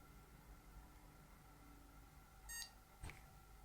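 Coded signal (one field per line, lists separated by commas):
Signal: beep code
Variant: PC POST beep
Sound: a single short high beep, then a click, over a low hum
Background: fan noise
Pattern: 1 short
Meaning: One short beep means the PC passed its power-on self-test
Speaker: hopefully it should work with one short beep display bingo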